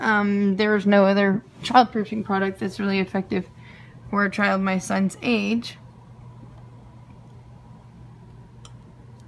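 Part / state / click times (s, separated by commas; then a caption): magnetic child-safety cabinet latch inside a kitchen cabinet door / released / 8.7 s. Someone talks for the first few seconds, then a quiet stretch follows as a magnet key is held against the outside of a kitchen cabinet door fitted with a Safety Baby magnetic child-safety cabinet lock. At 8.7 s a single faint, short click is heard as the internal plastic latch is pulled down and unlocks, releasing the lock.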